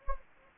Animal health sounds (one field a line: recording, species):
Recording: mosquito wingbeat signal from an infrared sensor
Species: Anopheles gambiae